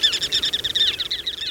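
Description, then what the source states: Ruddy turnstone calls: a rapid, chattering rattle of high, clipped notes, many per second without pause, with faint low background noise. Forages just about anywhere on the shore.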